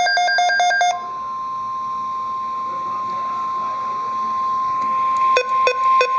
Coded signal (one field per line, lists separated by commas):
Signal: Emergency Alert System (SAME) tones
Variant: 1050 Hz attention tone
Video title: Severe Thunderstorm Watch (EAS #539)